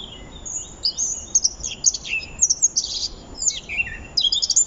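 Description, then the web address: Eurasian blackcap singing a brisk, very high chattering warble of short varied notes in quick succession over faint background hiss. "SETE Sylvia atricapilla"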